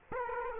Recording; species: mosquito wingbeat signal from an infrared sensor; Aedes aegypti